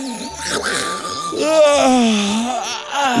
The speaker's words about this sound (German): Es begann damit, dass der Löwe erwachte und sehr herzhaft gähnte.